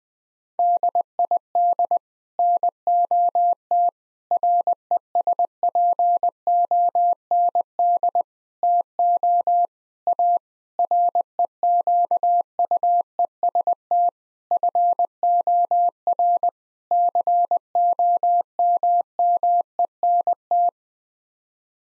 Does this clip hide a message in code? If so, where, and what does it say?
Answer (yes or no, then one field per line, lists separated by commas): yes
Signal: Morse code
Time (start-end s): 0.6-20.7 s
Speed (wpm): 20 wpm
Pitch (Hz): 700 Hz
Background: none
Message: DID NOT RESPOND TO A REQUEST FOR COMMENT